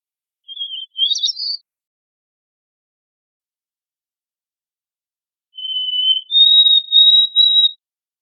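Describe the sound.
White-throated sparrow song: a brief whistled fragment with a quick flourish, then after a pause a full song, a low pure whistle stepping up to a longer, wavering higher note.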